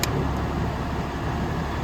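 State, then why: Seated. A replacement PTO control switch in the cab of a John Deere tractor is pushed down and locks into place with a sharp click at 0.0 s. After the click, a steady engine-like rumble continues to the end. The switch is seated.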